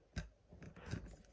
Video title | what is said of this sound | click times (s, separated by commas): Epic Airguns Epic Two - Part 1 - Initial Impressions of this eagerly anticipated rifle | let's just open it again you've got again nice defined click open | 0.2 s